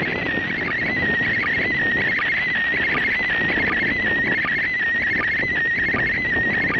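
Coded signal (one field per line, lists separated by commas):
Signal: SSTV (slow-scan television)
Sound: warbling tone near two kilohertz hopping in pitch, with brief low dips, under hiss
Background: radio static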